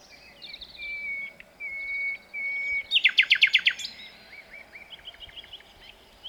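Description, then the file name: Common nightingale singing: several long, flat, pure whistles, then a loud, rapid burst of repeated notes, trailing into soft chirps. "Luscinia megarhynchos"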